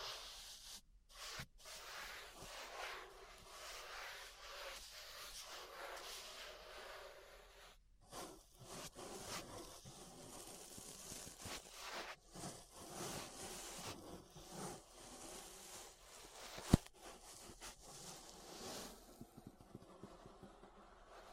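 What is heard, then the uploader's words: Ear brushing: soft, dense bristly rustling and scraping that keeps going for the whole stretch, mostly hissy and bright with little low end. Brief silent gaps break it near 1, 8 and 12 seconds, and a single sharp tap lands around 17 seconds. ASMR Relaxing 3Dio Ear Brushing (No Talking).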